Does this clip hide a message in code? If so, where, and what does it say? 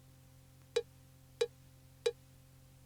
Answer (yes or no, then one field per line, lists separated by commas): no